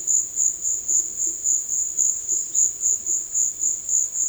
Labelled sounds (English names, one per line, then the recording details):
none
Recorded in secondary vegetation near Puerto Asís, Putumayo, Colombia, on 12 March 2025 at 16:00
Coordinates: 0.488, -76.319
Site G095